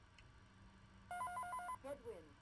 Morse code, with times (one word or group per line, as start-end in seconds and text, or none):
none